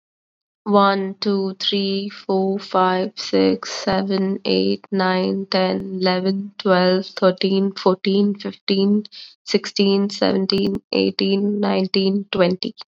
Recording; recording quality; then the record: counting at a normal pace; excellent, no background noise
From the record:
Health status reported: COVID-19 positive, mild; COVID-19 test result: positive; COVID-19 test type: RT-PCR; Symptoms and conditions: cough, sore throat, fever, fatigue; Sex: female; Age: 24 years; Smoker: no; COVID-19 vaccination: both doses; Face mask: not worn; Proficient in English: yes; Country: India